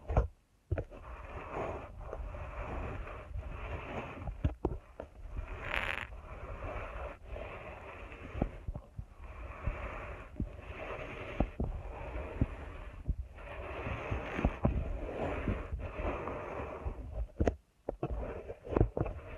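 Deep ear canal massage with dense, muffled rubbing and scratching that runs almost without a break for the full length. A low rumble lies underneath, and short sharp clicks and taps come through at irregular moments. Near the six-second mark a brighter hissy swipe stands out, and brief dips into quiet fall near the start and around seventeen seconds.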